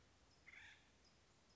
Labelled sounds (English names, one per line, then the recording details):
Acorn Woodpecker
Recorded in Sonoma County, California